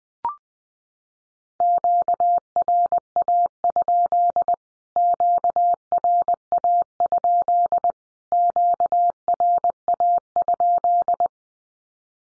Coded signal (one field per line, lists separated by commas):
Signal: Morse code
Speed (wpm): 20 wpm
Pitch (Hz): 700 Hz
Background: none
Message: QRA? QRA? QRA?